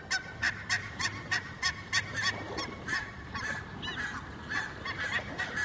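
bird cry

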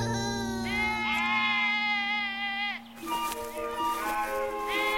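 sheep and goats bleating

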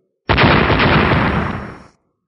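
massive explosion sound effect

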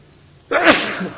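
sneeze

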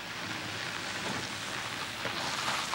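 rain falling

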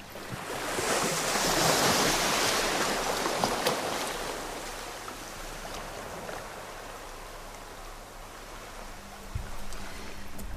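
ocean waves

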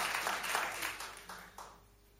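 audience clapping

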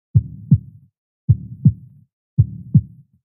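heartbeat sound effect

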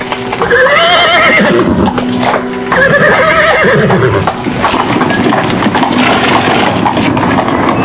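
horse neighing

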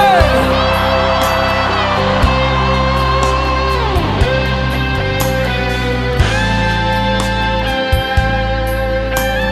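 audience shouting loudly

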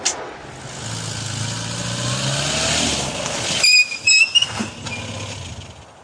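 car accelerating away

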